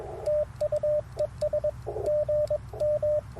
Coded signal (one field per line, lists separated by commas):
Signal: Morse code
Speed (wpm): 22 wpm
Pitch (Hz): 590 Hz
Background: radio noise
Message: TU ES GM